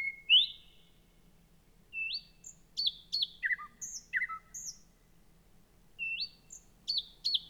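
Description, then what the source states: Thrush nightingale phrases of thin rising whistles and sharp downslurred chirps, delivered in short bursts separated by brief pauses. Recorded 3 June 2016.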